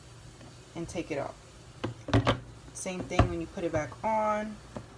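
Someone talks while handling the removable plastic container of a Baby Brezza baby food maker, which twist-locks onto its base, with a few short handling knocks around 1.8 and 2.1 seconds. The container has not gone home yet; nothing has seated or clicked.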